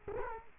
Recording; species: mosquito wingbeat signal from an infrared sensor; Culex quinquefasciatus